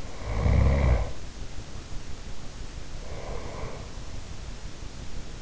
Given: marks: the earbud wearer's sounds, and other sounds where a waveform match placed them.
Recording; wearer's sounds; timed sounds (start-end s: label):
sounds in sleep by an in-ear microphone; snoring breath, breath
0.00-2.27 s: snoring breath
2.76-4.09 s: breath